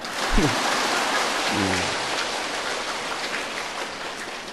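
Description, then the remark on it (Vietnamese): A dense round of applause at a Buddhist temple, thanking the abbot, many hands clapping in a steady, crackling wash that holds at an even loudness throughout, with a couple of brief voice fragments near the start. “Nhất quá tam một tràng nữa đi.”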